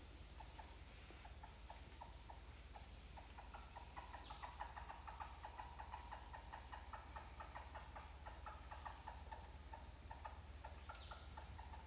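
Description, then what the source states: Titi monkey calls: quick, evenly pulsed notes repeated over several seconds, backed by a continuous shrill insect chorus. More than one titi monkey calling.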